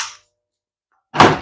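An MSD distributor for a small- or big-block Chevy is lowered into the engine block and comes to rest on top of the oil pump drive shaft with a dull thunk at 1.2 s, after a brief fading hiss at the start and a faint tick near 0.9 s. It has not engaged the shaft and is not fully seated.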